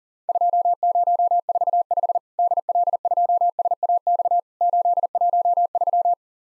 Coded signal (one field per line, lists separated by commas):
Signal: Morse code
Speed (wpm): 40 wpm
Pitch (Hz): 700 Hz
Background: none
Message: 2045 DL2SAX 813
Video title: Worked All Europe DX Contest QTC Exchange with Repeats 40wpm